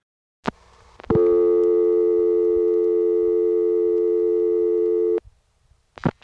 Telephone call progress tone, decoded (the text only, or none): dial tone